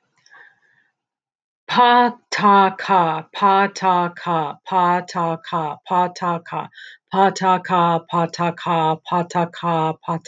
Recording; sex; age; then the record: repeated syllables /pa ta ka/; female; 50 to 59 years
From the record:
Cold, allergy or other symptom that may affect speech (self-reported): no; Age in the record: 52 years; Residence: Illinois, United States